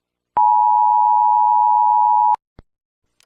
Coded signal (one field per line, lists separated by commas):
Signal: Emergency Alert System (SAME) tones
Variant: 853 and 960 Hz attention tone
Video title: EAS SCENARIO: HURRICANE EMERGENCY IN FRONT OF HURRICANE BALLY (get the dom 3 lol)